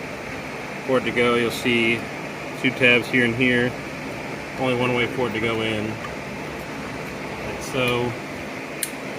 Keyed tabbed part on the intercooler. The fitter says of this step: So you hear that click.